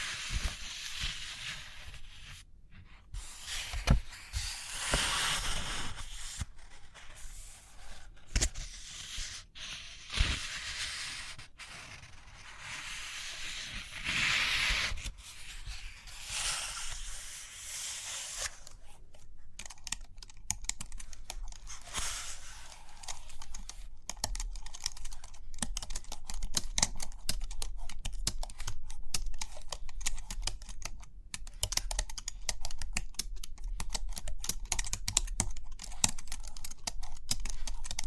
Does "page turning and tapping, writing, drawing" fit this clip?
yes